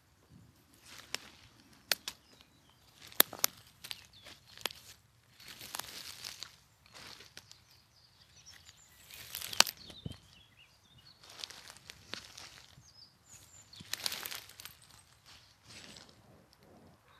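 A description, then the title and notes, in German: A walk through a forest, with crunching footsteps every second or two, sharp twig snaps, brief bird chirps, and a low steady rumble underneath. Genieß den ruhigen Ausklang des Tages mit einem Spaziergang durch den Wald nähe Linz.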